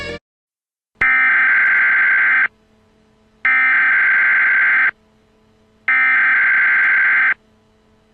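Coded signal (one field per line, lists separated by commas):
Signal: Emergency Alert System (SAME) tones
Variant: header bursts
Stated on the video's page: Fictional Emergency Alert System alert, not a real broadcast.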